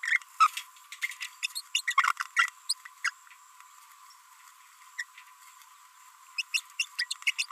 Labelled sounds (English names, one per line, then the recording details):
Green-rumped Parrotlet babbling
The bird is a female
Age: 30 days
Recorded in a nest box in Venezuela
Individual 17B42B1